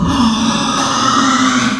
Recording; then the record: squeal of a Yucatan mini pig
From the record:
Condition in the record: after surgery on the right vocal fold (resection and tissue-engineered implant); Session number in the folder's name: 14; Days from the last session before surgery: 133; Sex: female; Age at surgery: 19 weeks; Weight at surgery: 25 kg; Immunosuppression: prednisolone